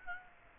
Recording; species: mosquito wingbeat signal from an infrared sensor; Aedes aegypti